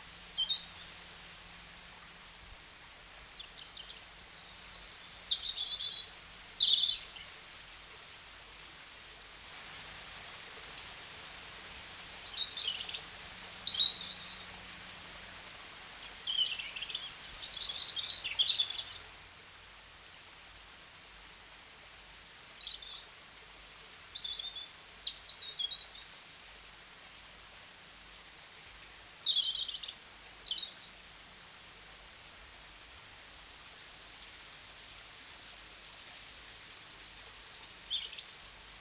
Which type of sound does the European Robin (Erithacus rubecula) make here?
song